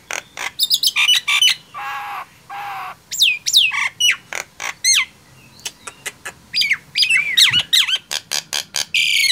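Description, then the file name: Nias hill myna producing harsh squawks, rasping bursts and swooping whistles in an irregular sequence. "suara jalak nias"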